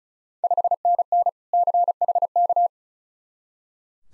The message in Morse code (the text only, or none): 5NN CHK